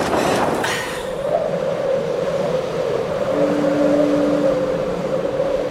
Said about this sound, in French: Oh putain, si ça fait ça toute la nuit. Psychologiquement, d'entendre de bruit, du vent comme ça, c'est affreux.